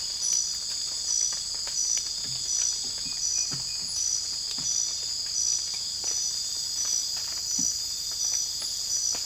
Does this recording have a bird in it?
no